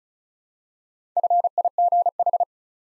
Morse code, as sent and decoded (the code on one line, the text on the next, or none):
..-. .. --. ....
FIGH